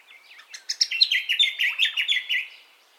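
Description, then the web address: Bird song: a bright series of repeated high notes, rising in volume and then fading, lasting roughly two seconds. Dawn ambience of birdcalls, recorded in stereo. "Sound Effects-Foundation Updates AMBIENCE DAWN BIRDCALLS STEREO"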